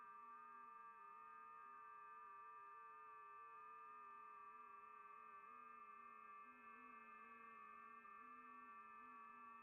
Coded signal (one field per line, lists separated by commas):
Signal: FT8